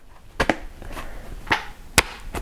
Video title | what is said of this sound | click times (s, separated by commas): Affordable, Airline Certified Pistol Case & Compact Cleaning Kit from Cedar Mill! | They they very much click. You can hear it. | 0.4 s, 2.0 s